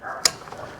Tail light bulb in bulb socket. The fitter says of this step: Just pop straight out.